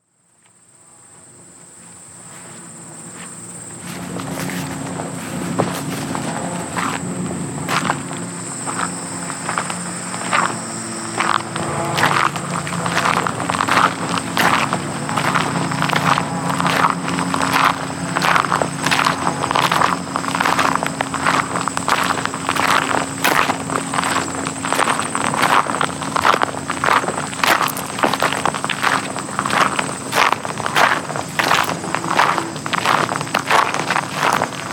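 Footsteps crunch on gravel in a brisk, regular rhythm, rising from near silence over the first few seconds and then staying steady throughout. A thin, high insect whine of grasshoppers runs continuously above, with a low hum underneath.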